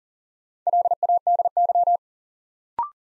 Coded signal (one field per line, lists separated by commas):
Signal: Morse code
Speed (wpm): 42 wpm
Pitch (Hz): 700 Hz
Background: none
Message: LADY